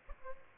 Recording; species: mosquito wingbeat signal from an infrared sensor; Aedes albopictus